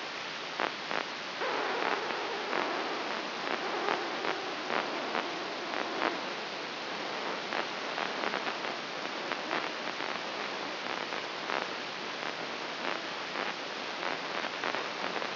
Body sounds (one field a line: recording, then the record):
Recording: brain microelectrode recording played as sound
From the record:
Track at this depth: inside the subthalamic nucleus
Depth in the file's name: 6.309 mm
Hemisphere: left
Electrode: 3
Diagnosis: Parkinson's disease